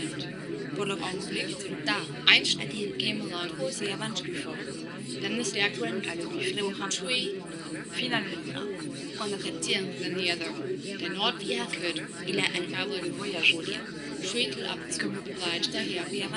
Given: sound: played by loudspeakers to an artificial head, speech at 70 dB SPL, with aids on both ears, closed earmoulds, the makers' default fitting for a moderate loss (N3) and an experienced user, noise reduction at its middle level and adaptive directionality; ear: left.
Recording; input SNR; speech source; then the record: speech test signal (ISTS) in cocktail-party noise; -6 dB; in front (0 degrees)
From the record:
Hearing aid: class 2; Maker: B